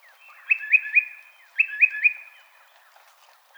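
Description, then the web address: Tufted titmouse calling two fast triplets of sharp whistled notes, then a pause and the start of another note. Recorded on 24 March 2007. "Tufted Titmouse 2007 03 24"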